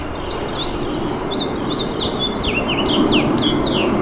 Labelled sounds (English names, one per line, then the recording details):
House Finch song
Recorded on Long Island, New York, on 10 June 2012
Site GW
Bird C